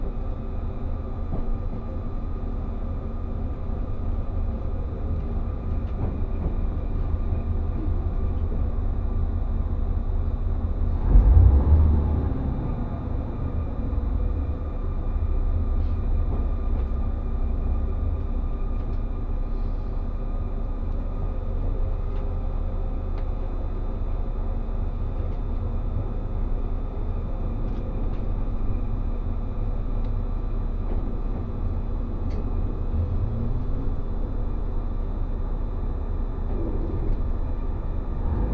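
Inside a Resort Shirakami train running on the Gonō Line from Fukaura toward Iwadate, a steady low rumble of the moving carriage fills the recording. Around eleven seconds a brief louder thump or clunk cuts through, and faint rattles and squeaks recur throughout.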